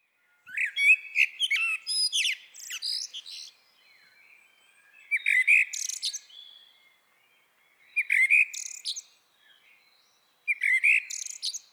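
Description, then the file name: Common blackbird song, four phrases in turn, each a rich whistled warble ending in a thin high twitter, with brief silences between. "Turdus merula"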